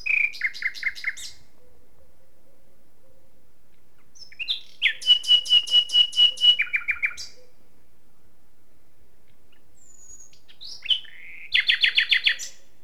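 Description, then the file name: Common nightingale song: three bursts of rapid repeated chirps separated by pauses of several seconds, with a faint high whistle between phrases. "Luscinia megarhynchos"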